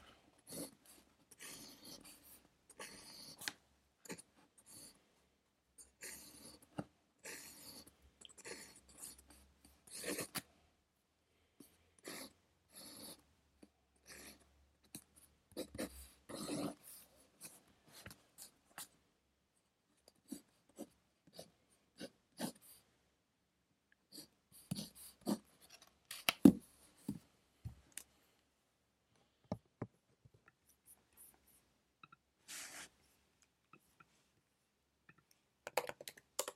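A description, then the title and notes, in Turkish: Pencil strokes on paper while studying, coming in short scratchy bursts with brief pauses between them. The scratching is fairly dense in the first half and sparser later, with a few sharper taps near 26 seconds. A faint low hum sits underneath at times. Sessiz odada 60 dakika boyunca kurşun kalem ile ders çalışma; ortam sesleri, beyaz gürültü alt yapısı. Ev, kütüphane çalışmaları ortam sesi.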